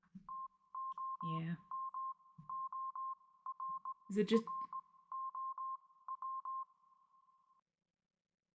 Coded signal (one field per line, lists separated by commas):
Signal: Morse code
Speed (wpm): 20 wpm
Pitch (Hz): 1060 Hz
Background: speech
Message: TOMORROW